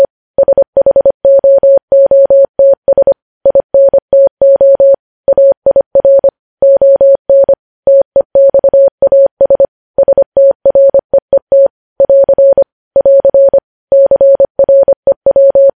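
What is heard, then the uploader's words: Morse code beeps in a steady mid-pitched tone, rapid dots and dashes grouped with short pauses, clean and continuous over silence. Morse code.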